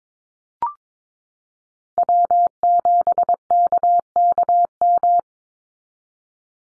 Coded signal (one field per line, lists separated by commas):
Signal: Morse code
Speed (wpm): 22 wpm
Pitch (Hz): 700 Hz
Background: none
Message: W7KKM